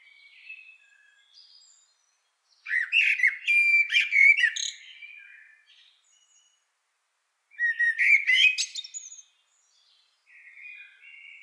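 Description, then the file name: Eurasian blackbird singing two loud strophes mixing fluted and scratchy high notes, with quiet gaps between and softer phrases at the start and end. "Turdus merula"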